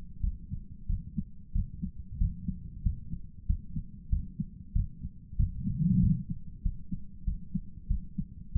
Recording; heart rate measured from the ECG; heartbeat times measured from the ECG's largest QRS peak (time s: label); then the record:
heart sounds by stethoscope; 94 bpm
0.21 s: heartbeat
0.87 s: heartbeat
1.52 s: heartbeat
2.18 s: heartbeat
2.82 s: heartbeat
3.46 s: heartbeat
4.09 s: heartbeat
4.73 s: heartbeat
5.36 s: heartbeat
6.00 s: heartbeat
6.62 s: heartbeat
7.24 s: heartbeat
7.87 s: heartbeat
8.52 s: heartbeat
From the record:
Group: healthy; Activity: rest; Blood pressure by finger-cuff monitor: 160/87 mmHg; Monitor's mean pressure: 102 mmHg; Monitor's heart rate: 93 bpm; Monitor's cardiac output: 9.1 L/min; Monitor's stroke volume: 99 mL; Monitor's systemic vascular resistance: 840 dyn s/cm5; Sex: male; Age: 57 years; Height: 188 cm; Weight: 106 kg